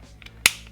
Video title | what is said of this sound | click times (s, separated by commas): The new King of Bluetooth Communications? LEXIN LX-FT4 Review - KSIX | that's nice clicks in solid | 0.5 s